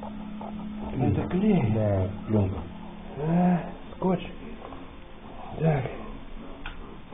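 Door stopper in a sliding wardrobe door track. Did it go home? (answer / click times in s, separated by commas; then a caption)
yes / 6.7 s. Someone talks while a sliding wardrobe door is moved along its track. At 6.7 s there is a sharp click as the roller passes the door stopper in the track and catches, showing the stopper works and the door has seated.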